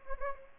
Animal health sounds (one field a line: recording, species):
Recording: mosquito wingbeat signal from an infrared sensor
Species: Anopheles gambiae